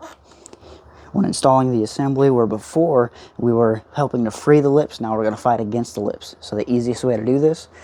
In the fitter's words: put it on the hangers, make sure the top don't come off, and just slide it around the back and then push it till you hear it click.